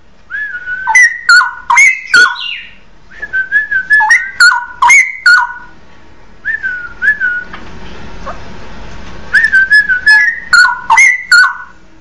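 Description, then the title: Oriental magpie-robin song: lively runs of loud whistles and sharp clicks, a softer lull, then the rapid whistled phrases return. "Kicau Kacer"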